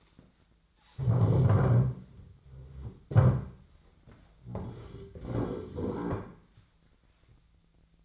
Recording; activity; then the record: daily activity, microphone in the room; stand up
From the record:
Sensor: 3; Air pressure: 1008.1 hPa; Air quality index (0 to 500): 193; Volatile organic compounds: 14 ppm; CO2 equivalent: 2474 ppm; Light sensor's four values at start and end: 13/31/13/13 and 14/32/14/14